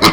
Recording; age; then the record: pig call; piglet (1 to 25 days)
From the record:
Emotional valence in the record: positive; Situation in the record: reunion after long isolation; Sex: male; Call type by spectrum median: low-frequency call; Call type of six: low-frequency tonal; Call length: 0.13 s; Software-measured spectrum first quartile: 686 Hz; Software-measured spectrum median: 1709 Hz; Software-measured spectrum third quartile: 3890 Hz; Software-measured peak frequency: 324 Hz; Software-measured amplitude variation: 110 dB a second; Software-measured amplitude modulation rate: 3.9 a second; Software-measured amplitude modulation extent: 28.4 dB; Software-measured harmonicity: -0.5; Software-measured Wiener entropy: -1.77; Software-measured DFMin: 964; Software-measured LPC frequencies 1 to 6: 1178, 2143, 3104, 4036, 5129, 6827 Hz